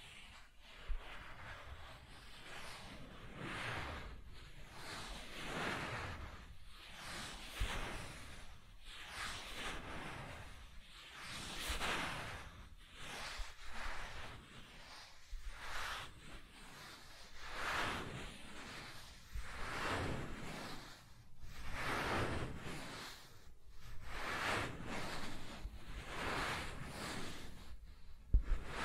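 Soft tracing across smooth and rough surfaces, a continuous gentle rubbing that swells and fades in strokes every second or two. Some passes sound brighter and scratchier, others duller and hushed. A few sharp taps stand out near the end.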